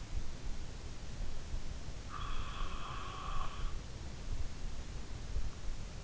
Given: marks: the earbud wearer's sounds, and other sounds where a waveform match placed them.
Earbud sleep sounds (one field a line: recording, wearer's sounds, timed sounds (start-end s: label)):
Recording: sounds in sleep by an in-ear microphone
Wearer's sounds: breath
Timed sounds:
1.56-4.41 s: breath